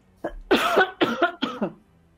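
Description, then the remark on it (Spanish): A person coughs several times in quick succession: a faint lead-in followed by three harsh, raspy bursts of roughly equal loudness, with no talking. “Voy a toser, espera.”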